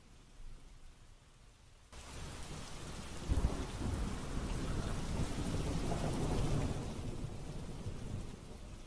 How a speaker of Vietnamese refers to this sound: Ở bên phía nhà cậu Cẩn, cậu ngồi ngoài hiên chống cằm như chó sen táp ao, ngắm cơn mưa đang sủi bong bóng ở ngoài sân.